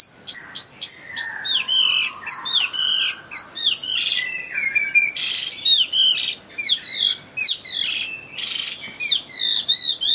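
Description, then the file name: Chinese hwamei singing a loud, rich run of varied whistled phrases, swooping and slurred notes tumbling almost without pause throughout. Bird in full song, described as gacor. "audio hwamei gacor. omkicau"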